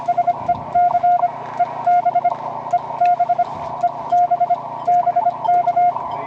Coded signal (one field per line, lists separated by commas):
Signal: Morse code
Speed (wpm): 25 wpm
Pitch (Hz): 710 Hz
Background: radio noise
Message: SEC EB EB EB BK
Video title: Field Day 2012